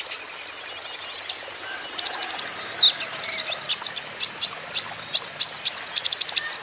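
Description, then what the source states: Van Hasselt's sunbird singing sharp, very high chirps, which build into fast runs of clipped notes about a third of the way through and continue steadily to the end. Steady continuous 'gacor' singing, a 'konin ijoan', used as a lure and as therapy to get untrained birds to answer back.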